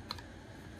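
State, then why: Seated. A metal mount is pushed into its slot on a DJI Pocket 3 pocket gimbal camera combo kit. A single short, sharp click sounds at 0.1 s over a low steady background. The mount seats and locks in place.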